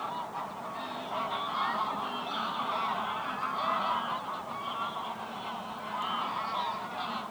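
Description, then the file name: A goose flock calls without pause, dense layered honking and gabbling filling the whole stretch. Geese resting on the ice at the Hondenhemeltje in Venhuizen, Netherlands. "Ganzen rusten op het ijs bij het hondenhemeltje in venhuizen - De Auditieve Dienst"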